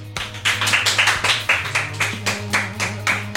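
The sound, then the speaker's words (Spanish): Steady, rhythmic clapping as applause for a reporter, roughly a dozen sharp, even claps in quick succession, with a low sustained hum running underneath and no voices. “Un aplauso, por favor, reportero.”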